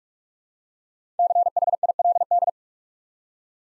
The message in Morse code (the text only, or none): CHILD